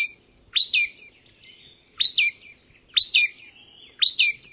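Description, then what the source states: Singing Cisticola song, a sharp rising note dropping into a short warbled trill, the phrase repeated four times about a second or more apart, with a quiet background. African species; song described as musically more ambitious than related cisticolas.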